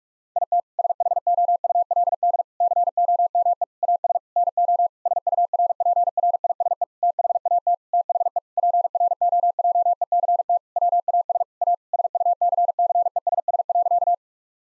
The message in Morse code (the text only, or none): IT SHOULD COME AS NO SURPRISE THAT THE PROJECT WAS A SUCCESS.